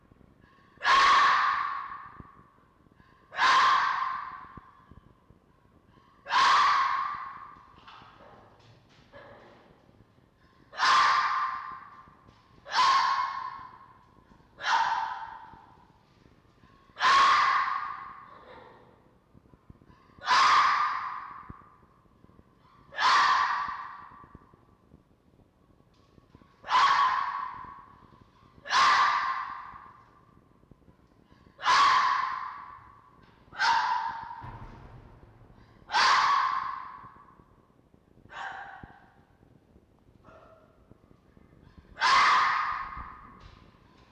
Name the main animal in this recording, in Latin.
Vulpes vulpes